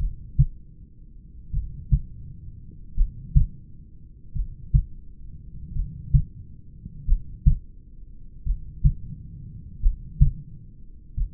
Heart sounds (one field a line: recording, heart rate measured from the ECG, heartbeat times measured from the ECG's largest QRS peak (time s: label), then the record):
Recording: heart sounds by stethoscope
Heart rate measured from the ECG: 43 bpm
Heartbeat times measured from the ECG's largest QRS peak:
0.03 s: heartbeat
1.56 s: heartbeat
3.00 s: heartbeat
4.38 s: heartbeat
5.78 s: heartbeat
7.11 s: heartbeat
8.49 s: heartbeat
9.85 s: heartbeat
11.20 s: heartbeat
From the record:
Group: heart failure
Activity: rest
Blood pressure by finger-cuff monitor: 122/59 mmHg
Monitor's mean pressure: 81 mmHg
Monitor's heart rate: 43 bpm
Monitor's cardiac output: 5.7 L/min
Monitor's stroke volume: 132 mL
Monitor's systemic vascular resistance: 1030 dyn s/cm5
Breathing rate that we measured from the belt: 17 breaths a minute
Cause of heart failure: familial cardiomyopathy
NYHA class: 1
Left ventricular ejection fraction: 49%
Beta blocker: bisoprolol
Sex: male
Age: 31 years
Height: 194 cm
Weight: 96 kg